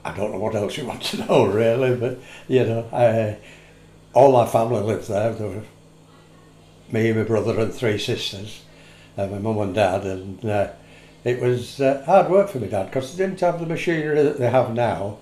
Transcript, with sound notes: I don’t know what else you want to know really, (laughs) but you know, all our family lived there – me, me brother and three sisters, and me mum and dad and er, it was hard work for me dad ‘cos they didn’t have the machinery that they have now.